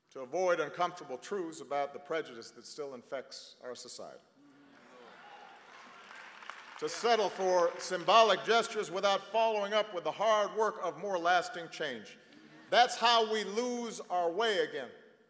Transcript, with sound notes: to avoid uncomfortable truths about the prejudice that still infects our society. (Applause.) To settle for symbolic gestures without following up with the hard work of more lasting change -- that’s how we lose our way again.